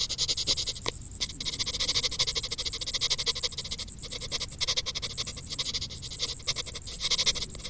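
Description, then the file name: Crickets give high, buzzy, fast, even pulses that run without a break. "Grillen"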